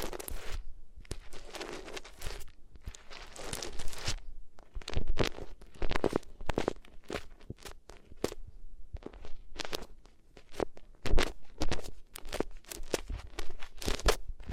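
Crackly rubbing and crinkling sounds against the ears, in dense bursts of scratchy friction that start and stop irregularly. The first few seconds are thick and continuous, then it breaks into sharper, separate swipes and crunches roughly every half second.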